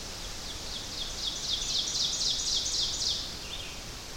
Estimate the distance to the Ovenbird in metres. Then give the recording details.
about 50 m. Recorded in boreal forest in Alberta, Canada, on 12 June 2016 at 07:10. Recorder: SongMeter 3, array SBT-3-18. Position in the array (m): 239 m, 84 m. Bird 31